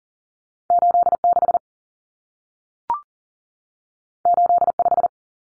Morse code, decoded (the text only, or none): 86 85